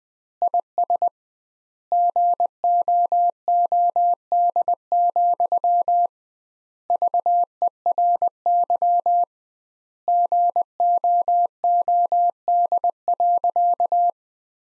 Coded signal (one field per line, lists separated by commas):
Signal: Morse code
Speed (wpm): 20 wpm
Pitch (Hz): 700 Hz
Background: none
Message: IS GOOD, VERY GOOD.